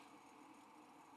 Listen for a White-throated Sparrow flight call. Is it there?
no